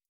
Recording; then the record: hydrophone in a shrimp aquaculture tank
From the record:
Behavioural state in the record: starved